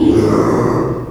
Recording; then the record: squeal of a Yucatan mini pig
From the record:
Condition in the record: before surgery on the right vocal fold (resection and tissue-engineered implant); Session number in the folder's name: 1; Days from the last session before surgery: -3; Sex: male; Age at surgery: 12 weeks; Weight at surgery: 13 kg